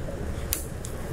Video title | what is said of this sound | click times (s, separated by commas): HPE ProLiant DL360 Gen10 Server - HDDs & SSDs - Hard Drives - Solid State Drives - Test Drive Health | Right when it gets to this point, it'll click | 0.5 s